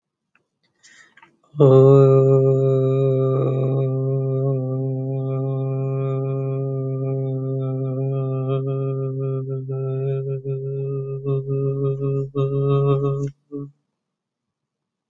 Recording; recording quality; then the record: sustained vowel as in boot; excellent, no background noise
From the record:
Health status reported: healthy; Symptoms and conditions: none ticked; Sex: male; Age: 30 years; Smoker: not ticked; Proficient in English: yes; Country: India